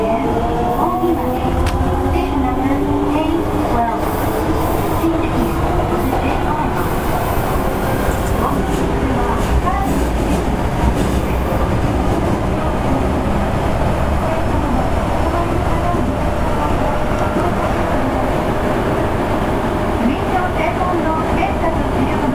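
An Osaka subway 66 series train runs along with a steady, dense low rumble that holds an even level throughout. Faint whining tones slide gradually downward in the first half, and light rattles and clicks come through on top of the roar.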